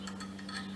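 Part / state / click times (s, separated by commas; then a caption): metal snap ring onto the hedge trimmer blade assembly / not seated / none. A metal snap ring is being handled while it is fitted onto the blade assembly of a Craftsman 22-inch gas hedge trimmer during reassembly; the ring keeps the bottom blade from moving down too far. Light ticking metallic handling sounds play over a steady low hum. Nothing has seated or clicked yet.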